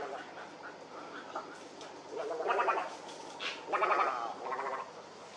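Heron calls: harsh, gargling bursts, with two louder rattling spells among quieter calls.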